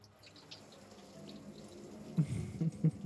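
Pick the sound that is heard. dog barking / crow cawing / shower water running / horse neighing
shower water running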